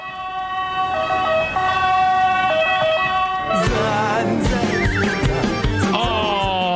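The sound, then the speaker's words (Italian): An ambulance siren sounds loudly, holding steady, bright tones at first, then shifting into a wavering, warbling wail amid a busier jumble of noise. “Arriva l'ambulanza!”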